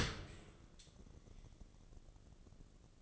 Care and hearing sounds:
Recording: daily activity, microphone in the room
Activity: open dishwasher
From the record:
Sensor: 4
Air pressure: 1013.2 hPa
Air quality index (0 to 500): 171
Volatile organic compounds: 2 ppm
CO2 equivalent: 1076 ppm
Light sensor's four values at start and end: 82/204/85/87 and 82/204/85/87

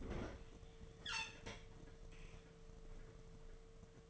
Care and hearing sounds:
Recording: daily activity, microphone in the room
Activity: open fridge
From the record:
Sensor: 4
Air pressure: 1015.9 hPa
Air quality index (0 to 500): 193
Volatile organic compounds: 10 ppm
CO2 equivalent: 2225 ppm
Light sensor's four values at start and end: 18/43/18/19 and 13/30/13/14

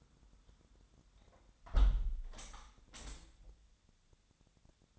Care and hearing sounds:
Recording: daily activity, microphone in the room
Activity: close window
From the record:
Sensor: 3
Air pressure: 1006.4 hPa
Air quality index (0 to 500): 189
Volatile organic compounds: 13 ppm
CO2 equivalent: 2400 ppm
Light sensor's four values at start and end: 10/23/9/9 and 10/23/9/9

